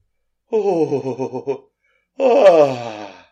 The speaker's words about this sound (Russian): Весьма немелодично зевнула миссис Ривз и лениво потянулась за чаем.